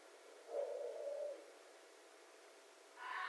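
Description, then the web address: Red fox calls: a low, moaning note lasting about a second, a quiet pause, then a harsh, raspy scream beginning at the very end. Recorded 11 January 2012. "Red Fox 2012 01 11 Red Fox long"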